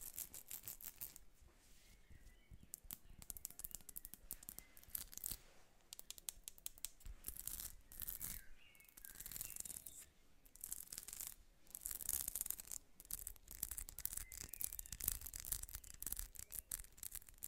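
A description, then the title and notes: Crisp tapping and scratching on jewels, with dense clusters of bright clicks and rattles running nearly nonstop for the whole stretch. The sounds come in quick irregular bursts with short quieter gaps, sharp and high, over a soft quiet background. ASMR - TAPPING and SCRATCHING on JEWELS.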